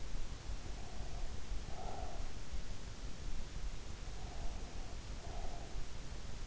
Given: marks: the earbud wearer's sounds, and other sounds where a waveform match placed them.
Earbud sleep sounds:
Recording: sounds in sleep by an in-ear microphone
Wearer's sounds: breath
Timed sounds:
0.67-2.36 s: breath
4.21-5.80 s: breath

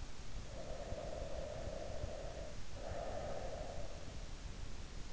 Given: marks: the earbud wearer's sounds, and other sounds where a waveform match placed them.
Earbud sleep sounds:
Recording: sounds in sleep by an in-ear microphone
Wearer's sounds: breath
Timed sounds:
0.45-4.00 s: breath

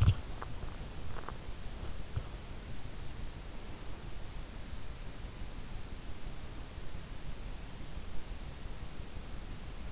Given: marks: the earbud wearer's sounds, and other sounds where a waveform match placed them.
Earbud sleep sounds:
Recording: sounds in sleep by an in-ear microphone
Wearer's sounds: teeth grinding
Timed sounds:
0.00-2.85 s: teeth grinding

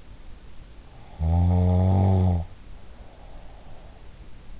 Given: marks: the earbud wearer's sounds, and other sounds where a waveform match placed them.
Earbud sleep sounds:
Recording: sounds in sleep by an in-ear microphone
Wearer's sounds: snoring breath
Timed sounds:
1.01-4.54 s: snoring breath

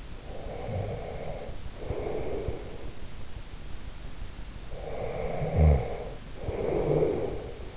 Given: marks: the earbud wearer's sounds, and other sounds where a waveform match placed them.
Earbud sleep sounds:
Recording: sounds in sleep by an in-ear microphone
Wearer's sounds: snoring breath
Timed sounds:
0.00-2.80 s: snoring breath
4.69-7.75 s: snoring breath

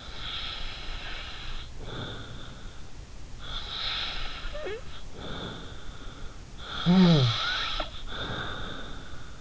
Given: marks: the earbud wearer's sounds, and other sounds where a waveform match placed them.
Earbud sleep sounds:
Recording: sounds in sleep by an in-ear microphone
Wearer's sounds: snoring breath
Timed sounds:
0.03-2.81 s: snoring breath
3.39-6.41 s: snoring breath
6.61-9.41 s: snoring breath

